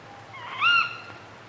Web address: BBC. Tawny Owl, hunting calls with chorus of dark bush-crickets